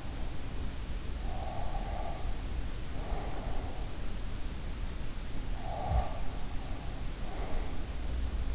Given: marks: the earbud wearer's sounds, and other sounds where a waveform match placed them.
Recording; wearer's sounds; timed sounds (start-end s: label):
sounds in sleep by an in-ear microphone; breath
1.23-3.73 s: breath
5.43-7.63 s: breath